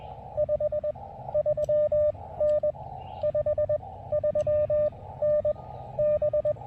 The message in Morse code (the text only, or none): 53N 53N B